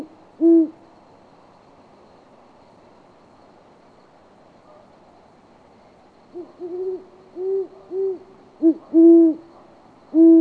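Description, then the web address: Great Horned Owl giving deep hoots: one single hoot, a long pause, then a series of low hoots that grows louder toward the finish. "Peterson North American Birds iso sound ghow"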